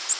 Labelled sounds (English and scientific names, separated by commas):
Nashville Warbler (Leiothlypis ruficapilla) flight call